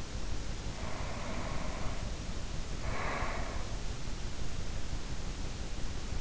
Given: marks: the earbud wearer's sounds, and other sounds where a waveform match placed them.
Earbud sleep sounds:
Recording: sounds in sleep by an in-ear microphone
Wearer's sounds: breath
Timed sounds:
0.49-4.04 s: breath

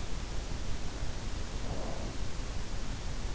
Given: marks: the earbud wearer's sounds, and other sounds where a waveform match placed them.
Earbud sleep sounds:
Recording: sounds in sleep by an in-ear microphone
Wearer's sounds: breath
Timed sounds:
1.19-3.06 s: breath

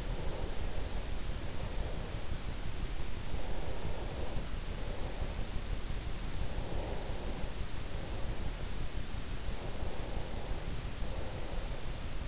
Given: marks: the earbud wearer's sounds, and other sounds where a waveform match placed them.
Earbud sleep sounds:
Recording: sounds in sleep by an in-ear microphone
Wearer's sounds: breath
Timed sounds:
0.00-2.91 s: breath
3.42-6.22 s: breath
6.62-12.28 s: breath

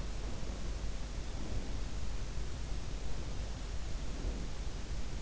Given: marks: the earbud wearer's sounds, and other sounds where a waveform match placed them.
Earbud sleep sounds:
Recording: sounds in sleep by an in-ear microphone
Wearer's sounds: breath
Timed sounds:
1.24-1.86 s: breath
4.05-4.74 s: breath

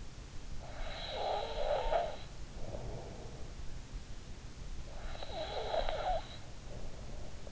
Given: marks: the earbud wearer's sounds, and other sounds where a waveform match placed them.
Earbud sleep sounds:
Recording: sounds in sleep by an in-ear microphone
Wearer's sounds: snoring breath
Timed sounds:
0.66-3.62 s: snoring breath
5.05-7.52 s: snoring breath

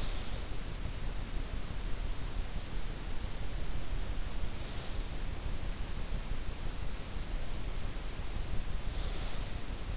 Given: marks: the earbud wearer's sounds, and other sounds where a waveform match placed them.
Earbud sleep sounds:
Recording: sounds in sleep by an in-ear microphone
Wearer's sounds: snoring breath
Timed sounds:
0.00-0.93 s: snoring breath
8.76-9.85 s: snoring breath

